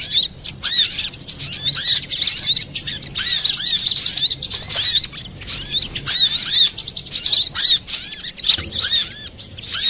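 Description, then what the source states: Little spiderhunter giving a long, busy run of high twittering chirps and looping notes, interrupted only by brief pauses. Master recording for training cage birds, labelled Labaik.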